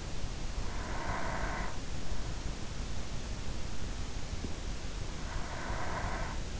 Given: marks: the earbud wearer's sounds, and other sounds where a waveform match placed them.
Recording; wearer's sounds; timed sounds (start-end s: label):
sounds in sleep by an in-ear microphone; breath
0.51-2.56 s: breath
5.12-6.60 s: breath